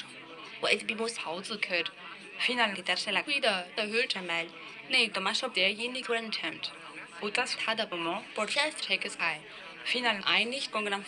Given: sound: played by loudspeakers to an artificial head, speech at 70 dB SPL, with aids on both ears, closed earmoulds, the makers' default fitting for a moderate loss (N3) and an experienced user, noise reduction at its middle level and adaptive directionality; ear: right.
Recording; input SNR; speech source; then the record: speech test signal (ISTS) in cocktail-party noise; +9 dB; on the right (90 degrees)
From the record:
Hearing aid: class 2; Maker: I